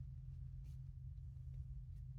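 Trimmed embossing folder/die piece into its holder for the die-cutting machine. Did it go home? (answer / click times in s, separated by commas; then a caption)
no / none. A trimmed embossing folder piece, cut down by about half an inch, is handled and fitted toward its holder in a die-cutting and embossing machine setup. A steady low hum runs throughout, with a few faint, soft handling rustles near 0.7, 1.5 and 2.0 seconds. Nothing has snapped or seated yet.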